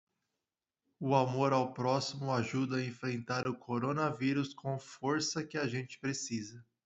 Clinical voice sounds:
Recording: spoken sentence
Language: Brazilian Portuguese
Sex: male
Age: 40 to 49 years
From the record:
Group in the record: control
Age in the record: 41 years

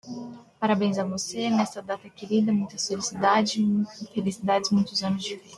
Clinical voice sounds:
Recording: short text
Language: Brazilian Portuguese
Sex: female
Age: 20 to 29 years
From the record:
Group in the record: control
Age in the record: 24 years

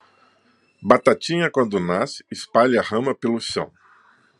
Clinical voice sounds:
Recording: short text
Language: Brazilian Portuguese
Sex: male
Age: 60 to 69 years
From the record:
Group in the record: control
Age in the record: 64 years

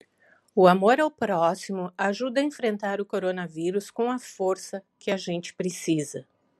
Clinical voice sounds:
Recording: spoken sentence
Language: Brazilian Portuguese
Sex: female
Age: 50 to 59 years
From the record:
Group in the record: control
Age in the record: 58 years

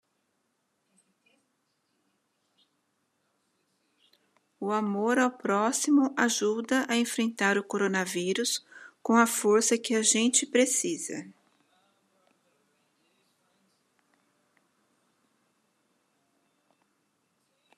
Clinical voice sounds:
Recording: spoken sentence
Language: Brazilian Portuguese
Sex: female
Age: 50 to 59 years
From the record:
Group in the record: control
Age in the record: 55 years

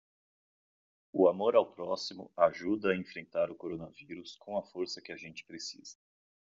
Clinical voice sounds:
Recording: spoken sentence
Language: Brazilian Portuguese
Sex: male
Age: 30 to 39 years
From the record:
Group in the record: control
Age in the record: 35 years

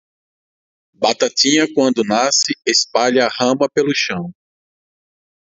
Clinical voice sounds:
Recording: short text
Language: Brazilian Portuguese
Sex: male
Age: 40 to 49 years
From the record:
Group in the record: control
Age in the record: 44 years

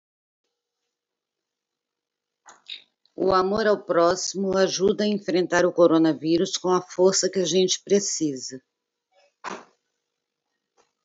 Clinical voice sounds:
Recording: spoken sentence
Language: Brazilian Portuguese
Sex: female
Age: 60 to 69 years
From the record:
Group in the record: control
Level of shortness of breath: 0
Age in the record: 60 years

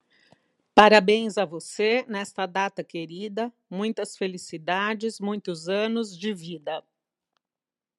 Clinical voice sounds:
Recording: short text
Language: Brazilian Portuguese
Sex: female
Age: 50 to 59 years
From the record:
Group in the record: control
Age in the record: 53 years

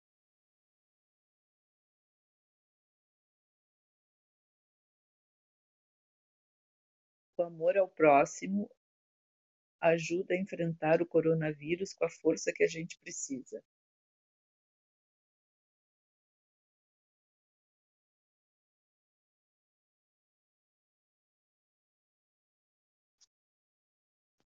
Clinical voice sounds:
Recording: spoken sentence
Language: Brazilian Portuguese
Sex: female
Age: 60 to 69 years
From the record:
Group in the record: control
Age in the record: 66 years

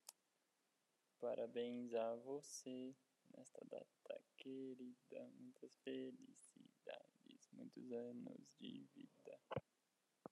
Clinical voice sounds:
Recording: short text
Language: Brazilian Portuguese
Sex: male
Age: 18 to 19 years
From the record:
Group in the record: control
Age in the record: 19 years

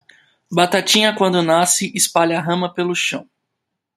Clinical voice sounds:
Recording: short text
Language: Brazilian Portuguese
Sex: male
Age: 30 to 39 years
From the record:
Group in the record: control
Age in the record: 30 years

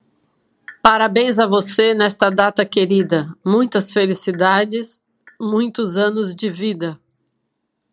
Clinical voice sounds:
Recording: short text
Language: Brazilian Portuguese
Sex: female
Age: 50 to 59 years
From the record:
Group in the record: control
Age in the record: 54 years

